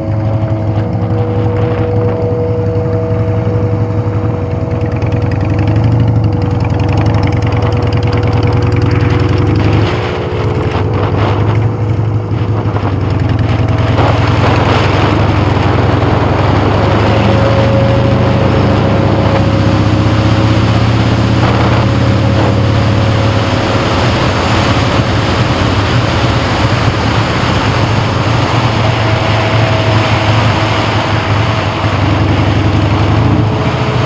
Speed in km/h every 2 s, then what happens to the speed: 0, 2, 0, 11, 19, 18, 29, 35, 39, 55, 56, 61, 61, 40, 34, 39, 42.
0-5 standing. 5-7 pulls away to 19. 10-21 speeds up to 61. 24-27 brakes to 34.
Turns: 25-29.